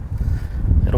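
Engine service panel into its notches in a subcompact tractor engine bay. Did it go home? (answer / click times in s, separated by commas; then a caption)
yes / 0.9 s. An engine-bay service panel on a 2022 John Deere 2025R subcompact tractor, with its notches lined up with the slots toward the battery side of the engine, is slid forward into place. A steady low rumble with wind-like noise runs throughout, then a single short click lands at 0.9 s as the panel seats.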